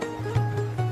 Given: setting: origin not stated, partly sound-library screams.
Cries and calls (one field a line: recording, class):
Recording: one-second piece from a danger detection set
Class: normal situation